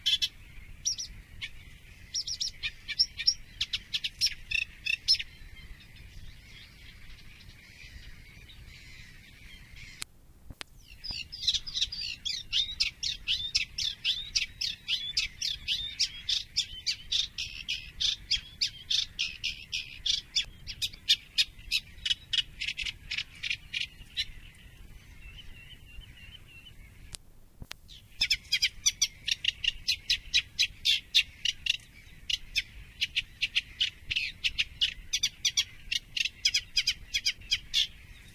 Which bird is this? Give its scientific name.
Acrocephalus scirpaceus